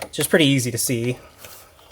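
On a 2014–2020 Mercedes-Benz GLA 250 engine, a part with two plastic side ears is handled around the ignition coil after the coil goes back in, the ears to be pressed until they snap into place. Someone talks for the first second or so, then only quiet handling follows with a faint tick at about 1.5 s. Nothing has seated or clicked yet.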